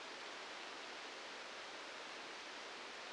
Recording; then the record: brain microelectrode recording played as sound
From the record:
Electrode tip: outside the subthalamic nucleus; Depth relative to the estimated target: 1 mm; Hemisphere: left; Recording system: NeuroSet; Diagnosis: Parkinson's disease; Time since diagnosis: 19 years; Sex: female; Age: 69 years